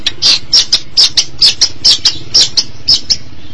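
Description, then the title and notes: Long-tailed Shrike song: fast run of harsh, scratchy high notes, several each second, steady throughout. "Pentet 201703. Suara burung pentet"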